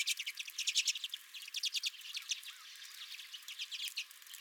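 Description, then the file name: Redpolls giving bursts of rapid high chips, clustered into short chattering runs that swell and fade over a few seconds. Redpolls at the recordist's own feeder. "Redpolls at My Feeder"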